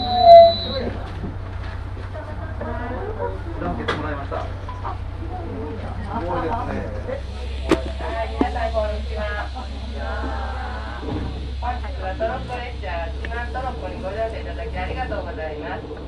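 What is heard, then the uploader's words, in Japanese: Aboard the Shimanto Torokko No. 2 on the Yodo Line between Ekawasaki and Tosa-Taisho, a steady low rumble of the train runs throughout. Many voices chatter continuously over it, with a brief high tone at the start and a sharp knock near eight seconds. 予土線しまんトロッコ2号 江川崎→土佐大正。案内人の話を聞きながらのんびりと走っていきますが、トンネル区間が多いので結構轟音だらけになります。また意外と風が冷たいです。前日まで大雨だったこともあり川の水は汚かったですが、空気はとてもきれいに感じました。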